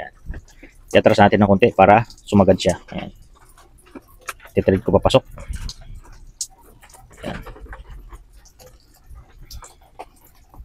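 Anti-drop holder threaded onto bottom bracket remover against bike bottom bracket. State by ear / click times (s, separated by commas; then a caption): not seated / none. A metal anti-drop holder is threaded in onto a bottom bracket remover against a bike's bottom bracket, before being tightened so the remover locks in place. Someone talks while light ticks of threading and handling sound, including a sharper tick near 6.4 s. Nothing has locked or clicked into place yet.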